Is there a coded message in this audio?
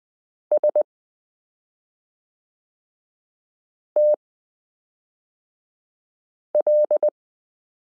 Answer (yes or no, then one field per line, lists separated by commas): yes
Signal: Morse code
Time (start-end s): 0.5-7.1 s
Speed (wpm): 20 wpm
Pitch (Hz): 600 Hz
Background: none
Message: STL